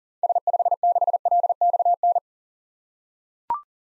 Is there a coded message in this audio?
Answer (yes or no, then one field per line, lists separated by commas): yes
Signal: Morse code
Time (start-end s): 0.2-2.2 s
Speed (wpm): 40 wpm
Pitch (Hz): 700 Hz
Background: none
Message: S56LXN